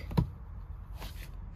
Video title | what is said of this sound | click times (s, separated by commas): How To Remove & Re-Install Rear Back Seat Bottom Cushion Honda Accord Gen 7 2003 2004 2005 2006 2007 | you hear that click that means it's up | 0.2 s